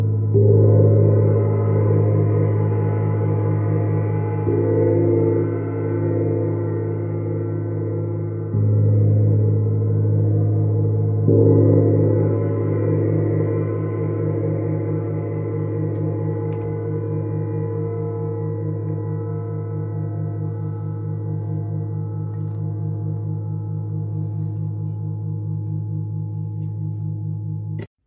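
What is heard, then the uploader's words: Tibetan singing bowls ring in a steady, low drone. Fresh strikes come near 5, 9 and 11 seconds, each adding a brighter shimmer that slowly fades. A gentle wavering pulse runs through the sustained tones, which hold evenly to the end. Spend time connecting to the sounds of Solar Plexus and Heart Tibetan Singing Bowls.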